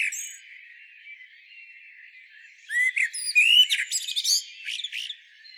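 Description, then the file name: Common blackbird, mostly quiet at first, then from about three seconds a lively sequence of high squeaky chirps and strained twittering notes. "Turdus merula"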